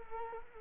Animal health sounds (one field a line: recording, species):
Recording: mosquito wingbeat signal from an infrared sensor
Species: Culex quinquefasciatus